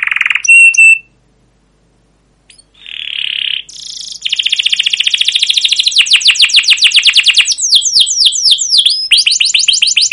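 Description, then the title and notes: Canary song opening with short bright notes, a brief silence, then a buzzy trill building into quick repeated chirps and falling whistled sweeps. Canary song with long continuous chirping, used as a lure and master recording to train young canaries to learn sounds. "CUIT CUIT NGEROL LANGSUNG GACOR PANJANG Kenari Ini AMPUH Utk Pancingan KENAR. PANCINGAN Kenari GACOR PANJANG Cuit CUIT EMOSI ini AMPUH utk MASTERAN Kenari PAUD belajar BUNYI. burung kenari"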